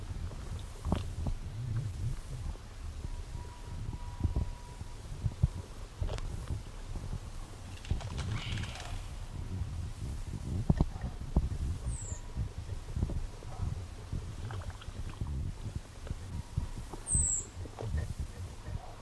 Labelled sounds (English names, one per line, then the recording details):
Spotted Crake
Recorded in the wild
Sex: male
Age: adult
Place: NSG Nonnenhof, Tollensesee, Mecklenburg-Vorpommern, DE
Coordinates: 53.4619, 13.1644
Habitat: wetland
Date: 1967-04-15 21:00
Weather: 4-6°C, zunehmender Sichelmond
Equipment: Tesla Uran, Parabolreflektor
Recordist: Jung, Norbert